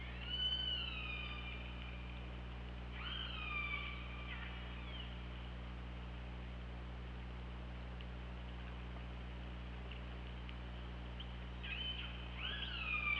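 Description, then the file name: Killer whale pulsed calls, strongly harmonic with rising then falling sweeps, in bursts in the first five seconds and again near the end, over a constant low hum and hiss. Recorded by hydrophone on 24 August 2017 at 21:22. "Orca Lab"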